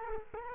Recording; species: mosquito wingbeat signal from an infrared sensor; Culex quinquefasciatus